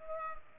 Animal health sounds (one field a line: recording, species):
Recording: mosquito wingbeat signal from an infrared sensor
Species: Culex pipiens